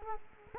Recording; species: mosquito wingbeat signal from an infrared sensor; Culex quinquefasciatus